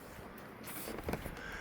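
Wooden pegs are being handled and slid toward the small slots on the plastic shoulder of a Biglots/HalloweenCostumes.com Raven Scarecrow animatronic. Faint handling rustle builds into a couple of short, sharp knocks around 1.1 s, then quieter scraping. Nothing has seated or clicked into place yet.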